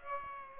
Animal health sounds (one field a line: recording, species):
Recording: mosquito wingbeat signal from an infrared sensor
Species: Aedes aegypti